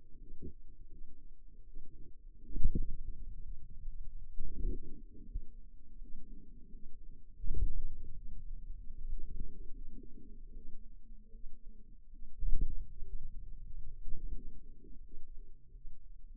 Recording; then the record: forearm muscle sounds (acoustic myography)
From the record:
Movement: ulnar deviation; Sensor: system 2, bracelet of six BSWA MPA416 microphones around the upper forearm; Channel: 3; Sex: female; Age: 23 years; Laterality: right